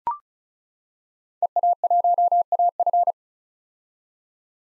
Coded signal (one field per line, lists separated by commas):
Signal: Morse code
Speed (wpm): 36 wpm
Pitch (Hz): 700 Hz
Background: none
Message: EA1AF